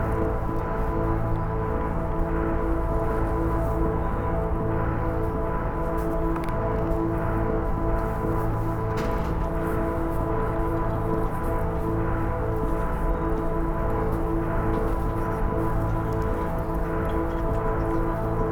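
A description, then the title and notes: A soundcheck for an afternoon concert, heard as a steady, dense wash of low and middle tones with several sustained pitches holding throughout. Little brightness sits on top, and the level stays even for the whole stretch, with only faint flickers of movement underneath. Andrew Taggart and Chloe Lewis walked between three points in Bergen, Norway. A soundcheck for an afternoon concert. Composed by blending their in-situ recordings with audio sampled from the vinyl singles.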